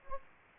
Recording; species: mosquito wingbeat signal from an infrared sensor; Anopheles gambiae